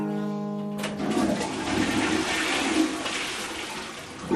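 A toilet flushes: after a brief steady hum, a loud rush of swirling, gurgling water bursts in and keeps churning steadily until the end, with no voices.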